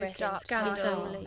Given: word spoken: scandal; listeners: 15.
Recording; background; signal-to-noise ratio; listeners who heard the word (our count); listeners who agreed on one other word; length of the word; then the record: one English word in noise, from a listening test; four-talker babble; -1.7 dB; 0 of 15; 6 of 15; 0.87 s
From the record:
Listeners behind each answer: 6, 2, 2, 1, 1, 1, 1, 1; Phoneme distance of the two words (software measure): 42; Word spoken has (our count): 2 syllables, 6 phonemes, stress on syllable 1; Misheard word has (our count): 1 syllable, 4 phonemes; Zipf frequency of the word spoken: 4.22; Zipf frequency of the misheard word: 4.98